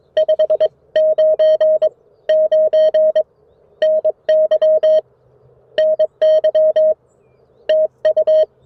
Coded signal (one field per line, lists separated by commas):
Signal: Morse code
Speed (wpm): 21 wpm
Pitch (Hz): 590 Hz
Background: none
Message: 599 NY NY TU